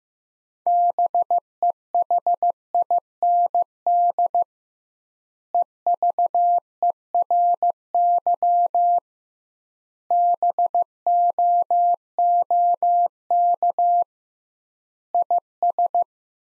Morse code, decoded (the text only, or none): BEHIND EVERY BOOK IS